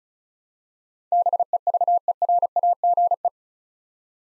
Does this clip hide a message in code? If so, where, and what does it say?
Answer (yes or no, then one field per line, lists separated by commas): yes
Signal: Morse code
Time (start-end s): 1.1-3.3 s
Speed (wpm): 36 wpm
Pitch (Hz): 700 Hz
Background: none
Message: BEVERAGE